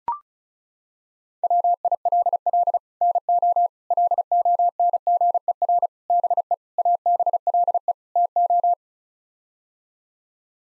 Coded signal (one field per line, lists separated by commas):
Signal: Morse code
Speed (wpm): 36 wpm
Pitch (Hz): 700 Hz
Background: none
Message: WILL NO LONGER BE ABLE TO